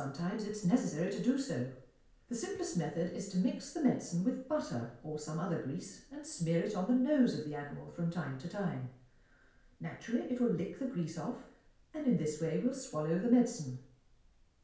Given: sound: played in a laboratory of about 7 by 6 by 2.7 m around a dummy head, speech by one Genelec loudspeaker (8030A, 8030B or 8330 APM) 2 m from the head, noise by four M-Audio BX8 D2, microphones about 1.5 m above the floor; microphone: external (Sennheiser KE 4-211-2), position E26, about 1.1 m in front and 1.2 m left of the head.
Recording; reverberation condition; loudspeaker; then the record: female speech in English; medium; 60 degrees to the right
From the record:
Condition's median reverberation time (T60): about 510 ms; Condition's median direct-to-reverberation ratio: about -0.5 dB